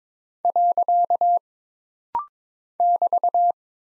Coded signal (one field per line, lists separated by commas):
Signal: Morse code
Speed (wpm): 22 wpm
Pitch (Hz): 700 Hz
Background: none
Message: . <BT>